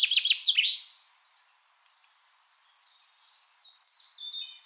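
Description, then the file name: Common chaffinch song ending in a quick flourish at the start, followed by faint, scattered high notes. "Fringilla coelebs"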